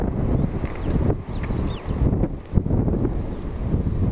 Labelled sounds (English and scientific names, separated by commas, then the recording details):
Superb Starling (Lamprotornis superbus) flight call
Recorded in Kenya on 2 June 2010
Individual 124, of group WDB